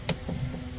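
A plastic terminal cover cap on the positive post of a Lithionics 320Ah lithium house battery, installed in a Leisure Travel Vans Unity RV to replace its lead-acid batteries, is pushed up and down until it snaps. A sharp, bright click is heard at 0.1 s over a low background rumble. The cap seats in place and sits flat.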